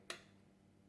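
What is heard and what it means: A thin wooden rib from a Triceratops 3D wooden model kit (Deluxe Version) is pushed into its slot in the spine and pressed until it seats against the stop. A single sharp, bright tick sounds at 0.1 s, over a faint steady low hum. The rib is seated home.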